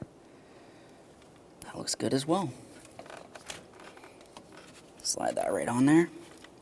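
A coolant hose quick connector is handled and slid toward its engine coolant fitting on a 2009-2014 Ford F-150 5.0L V8, with light scraping and tapping sounds around 1.6, 3.0–3.5, 4.4 and 5.0 seconds. Someone talks in two short bursts. Nothing has seated or clicked yet.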